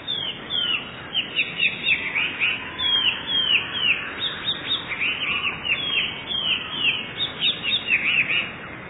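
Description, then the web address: Eurasian blue tit song, steady rapid series of sharp descending chirps, bunched in groups that follow almost without pause throughout. "wroblowe teka spiew. modraszkoteka"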